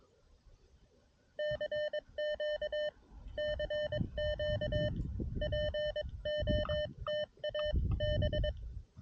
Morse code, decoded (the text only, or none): CQ CQ POTAB